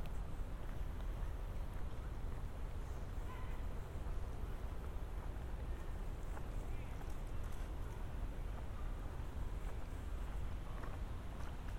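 A walk through Central Park, carried on a steady, dense rumble that stays heavy in the low end like traffic or wind across the microphone. The level holds even for the whole stretch, with faint scattered voices and small brighter bits surfacing now and then.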